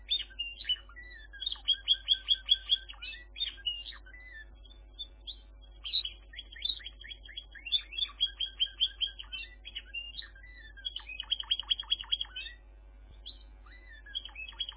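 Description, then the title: Canary song, long varied run of quick chirps, trills and rapid repeated notes in bursts, with a steady low hum beneath. "kenarijos"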